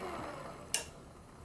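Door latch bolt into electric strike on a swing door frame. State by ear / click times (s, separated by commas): seated / 0.7 s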